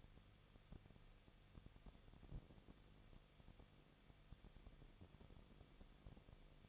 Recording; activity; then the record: daily activity, microphone in the room; no activity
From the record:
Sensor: 4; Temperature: 23.0 degrees Celsius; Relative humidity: 34.2%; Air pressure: 1007.4 hPa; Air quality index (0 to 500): 212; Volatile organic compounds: 14 ppm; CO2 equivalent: 2442 ppm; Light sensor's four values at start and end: 2/3/1/1 and 2/3/1/1